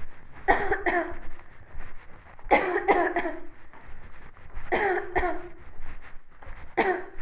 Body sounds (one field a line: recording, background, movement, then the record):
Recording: voluntary coughing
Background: quiet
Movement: walking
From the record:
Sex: female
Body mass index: 18.3 kg/m2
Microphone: on the chest, facing the body